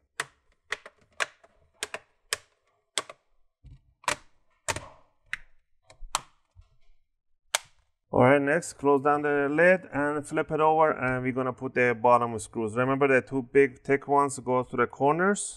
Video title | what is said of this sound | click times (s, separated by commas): Asus X507m Ram Upgrade STEP by STEP | all right next you what you want to do you want to pinch the top on the bottom cover and you're going to hear some clicks all right | 2.3 s, 3.0 s, 6.1 s, 7.5 s